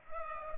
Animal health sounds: mosquito wingbeat signal from an infrared sensor; Culex pipiens

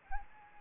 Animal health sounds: mosquito wingbeat signal from an infrared sensor; Anopheles arabiensis

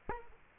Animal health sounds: mosquito wingbeat signal from an infrared sensor; Aedes aegypti

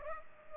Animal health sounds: mosquito wingbeat signal from an infrared sensor; Culex pipiens

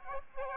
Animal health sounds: mosquito wingbeat signal from an infrared sensor; Aedes aegypti

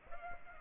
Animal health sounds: mosquito wingbeat signal from an infrared sensor; Aedes aegypti

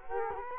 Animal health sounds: mosquito wingbeat signal from an infrared sensor; Culex quinquefasciatus

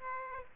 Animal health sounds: mosquito wingbeat signal from an infrared sensor; Aedes aegypti

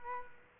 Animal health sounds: mosquito wingbeat signal from an infrared sensor; Culex quinquefasciatus

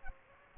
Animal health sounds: mosquito wingbeat signal from an infrared sensor; Culex pipiens

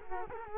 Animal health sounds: mosquito wingbeat signal from an infrared sensor; Culex quinquefasciatus

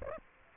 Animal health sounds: mosquito wingbeat signal from an infrared sensor; Aedes aegypti

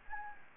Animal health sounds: mosquito wingbeat signal from an infrared sensor; Anopheles gambiae

